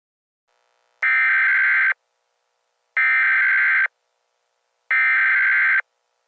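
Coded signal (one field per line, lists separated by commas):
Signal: Emergency Alert System (SAME) tones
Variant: header bursts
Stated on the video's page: Fictional mock alert scenario.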